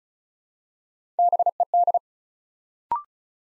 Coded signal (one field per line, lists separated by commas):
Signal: Morse code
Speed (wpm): 36 wpm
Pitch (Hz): 700 Hz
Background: none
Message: BED